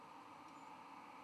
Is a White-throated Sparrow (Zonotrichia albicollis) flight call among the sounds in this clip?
no